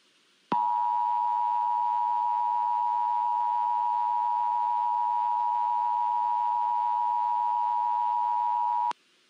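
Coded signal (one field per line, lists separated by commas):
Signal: Emergency Alert System (SAME) tones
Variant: 853 and 960 Hz attention tone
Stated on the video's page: EAS alert heard during a children's cable television program broadcast.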